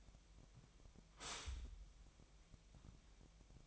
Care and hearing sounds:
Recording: daily activity, microphone in the room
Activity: stop toaster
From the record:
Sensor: 1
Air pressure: 1001.9 hPa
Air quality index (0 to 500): 238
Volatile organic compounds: 43 ppm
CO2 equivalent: 3191 ppm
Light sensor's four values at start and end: 10/36/13/15 and 10/36/13/15

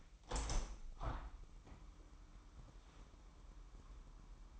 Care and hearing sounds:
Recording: daily activity, microphone in the room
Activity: open window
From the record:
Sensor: 1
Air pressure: 998.5 hPa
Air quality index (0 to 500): 126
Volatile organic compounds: 3 ppm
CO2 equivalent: 1506 ppm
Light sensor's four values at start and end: 8/19/8/9 and 8/19/8/10

